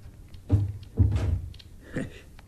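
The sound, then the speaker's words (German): A door swings shut with two dull, heavy thuds about half a second apart, followed by a softer latch click and faint rattle. “Und schließ die Tür.”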